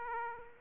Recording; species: mosquito wingbeat signal from an infrared sensor; Aedes aegypti